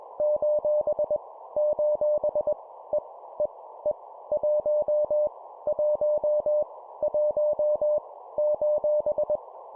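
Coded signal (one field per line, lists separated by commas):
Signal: Morse code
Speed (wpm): 21 wpm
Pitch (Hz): 600 Hz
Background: none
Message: : : E E E 1 1 1 :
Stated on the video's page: Morse practice at 20 wpm: random letters, numbers and punctuation, each repeated three times.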